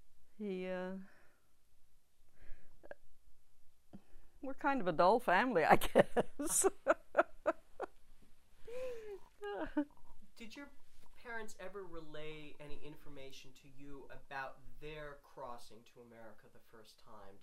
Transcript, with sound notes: he, we're kind of a dull family, I guess. (she laughs)
Did your parents ever relay any information to you about their crossing to America the first time?